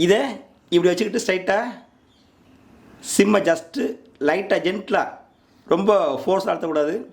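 A SIM card is being handled at the push-push SIM slot of a CP PLUS CP-GR-DE-412 4G router, to be pushed in straight and gently without force. Only someone talking is heard, with no clicks, and nothing has seated or clicked yet.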